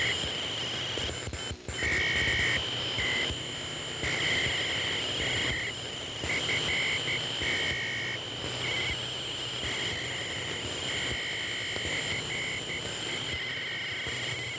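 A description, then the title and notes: Electronic-sounding crickets chirp in a steady, dense pattern, their high, bright trill repeating in regular short bursts throughout. A constant low rumble, like traffic, runs underneath, and a brief dropout occurs near the second mark. Source recording of electronic crickets over Ohio circa summer 1995.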